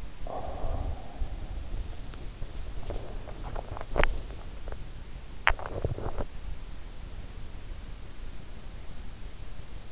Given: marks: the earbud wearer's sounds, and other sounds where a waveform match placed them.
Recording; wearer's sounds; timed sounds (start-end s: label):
sounds in sleep by an in-ear microphone; body movement, teeth grinding
0.00-3.70 s: body movement
3.70-6.47 s: teeth grinding